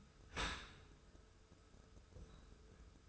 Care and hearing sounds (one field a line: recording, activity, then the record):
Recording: daily activity, microphone in the room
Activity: open dishwasher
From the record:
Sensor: 2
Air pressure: 1014.9 hPa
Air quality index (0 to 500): 27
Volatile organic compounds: 1 ppm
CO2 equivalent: 513 ppm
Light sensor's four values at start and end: 10/23/10/10 and 10/23/10/10